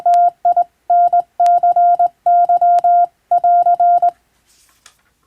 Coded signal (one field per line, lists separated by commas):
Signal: Morse code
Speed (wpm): 21 wpm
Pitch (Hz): 700 Hz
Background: none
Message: TINCY<AR>